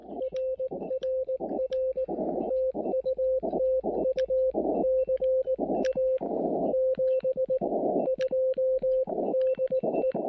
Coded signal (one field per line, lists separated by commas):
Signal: Morse code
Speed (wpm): 17 wpm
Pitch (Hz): 520 Hz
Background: music, radio noise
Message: RRR TU TU CA 72 DE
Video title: POTA by Lantern Light: CW and SSB with my Elecraft KX3 & a simple Tufetln random wire antenna